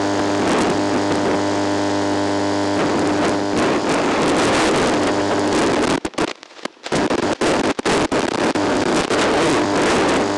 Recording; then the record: brain microelectrode recording played as sound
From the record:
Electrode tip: outside the subthalamic nucleus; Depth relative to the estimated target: -6 mm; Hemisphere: left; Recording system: NeuroSet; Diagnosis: Parkinson's disease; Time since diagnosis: 9 years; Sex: male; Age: 61 years